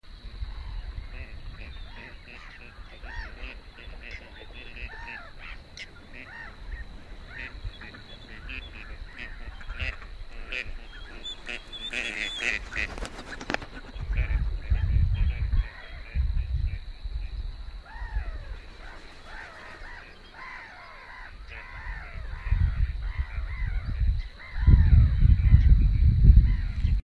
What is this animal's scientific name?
Mareca strepera